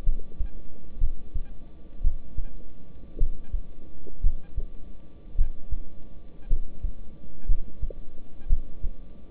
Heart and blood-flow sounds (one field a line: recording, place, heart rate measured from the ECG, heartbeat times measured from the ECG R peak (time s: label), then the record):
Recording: heart sounds by stethoscope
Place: between the tricuspid and mitral areas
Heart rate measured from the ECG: 57 bpm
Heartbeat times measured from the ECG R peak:
0.04 s: heartbeat
0.99 s: heartbeat
2.02 s: heartbeat
3.18 s: heartbeat
4.21 s: heartbeat
5.36 s: heartbeat
6.48 s: heartbeat
7.46 s: heartbeat
8.47 s: heartbeat
From the record:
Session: rest, lying down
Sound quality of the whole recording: good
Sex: male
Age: 26 years